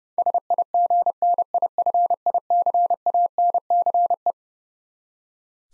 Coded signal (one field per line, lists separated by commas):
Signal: Morse code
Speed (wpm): 32 wpm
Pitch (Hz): 700 Hz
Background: none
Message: SIGNIFICANCE